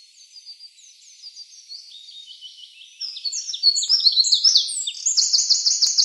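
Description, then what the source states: Eurasian wren song: soft high twittering that swells into a loud, rapid cascade of sharp notes and rattling trills. Recorded on 24 April 2013.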